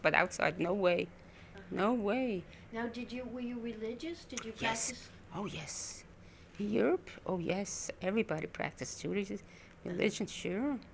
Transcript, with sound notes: But outside -- no way, no way.
Now, did you, were you religious? Did you practice?--
(whispers) Yes, oh, yes. In Europe? Oh, yes. Everybody practiced religious -- religion, sure.